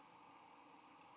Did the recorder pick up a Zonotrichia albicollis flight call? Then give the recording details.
no. No flight call is heard. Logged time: 09:19 on 22 November 2014